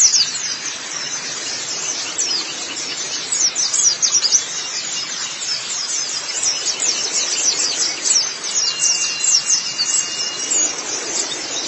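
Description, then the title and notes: White-eye twittering song, high and rapid, a steady stream of sharp chirps with occasional louder bursts. "Kicauan Burung Pleci Durasi Panjang. Suara kicauan burung pleci"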